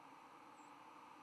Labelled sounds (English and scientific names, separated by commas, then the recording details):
White-throated Sparrow (Zonotrichia albicollis) flight call
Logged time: 09:35 on 10 November 2014